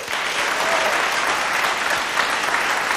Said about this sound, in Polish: Poproszę o oklaski.